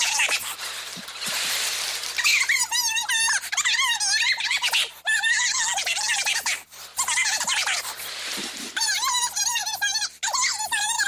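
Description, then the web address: Bobcat yowls, long series of quavering, warbling harmonic cries that rise and fall rapidly, in several runs with short pauses between them. "doublenight bobcat"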